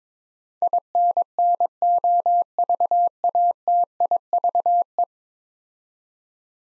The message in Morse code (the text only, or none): INNOVATIVE